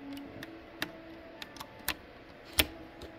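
A magnetic screwdriver drives a small screw into the metal threaded insert of an Acer Aspire 5 laptop chassis. A series of sharp, light ticks is heard as the bit works the screw. The loudest snap comes at 2.6 s, when the bit cams out and slips on the small screw head while the screw is being snugged up.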